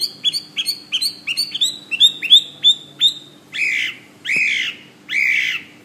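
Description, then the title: Bird singing a series of short clipped notes at a steady pace, finishing with three longer, harsher drawn-out notes. "SuaraBurung Kicau"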